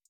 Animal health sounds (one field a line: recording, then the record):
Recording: hydrophone in a shrimp aquaculture tank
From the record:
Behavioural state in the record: feeding